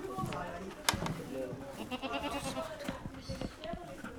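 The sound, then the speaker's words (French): A herd of goats in a barn, about 60 of them, bleat repeatedly in overlapping, wavering cries while being fed, with a sharp clatter early on and a voice talking underneath the steady herd noise. “Donc c'est vrai qu'on arrive à faire manger 60 chèvres en 10 minutes, voilà, on est content de nous.”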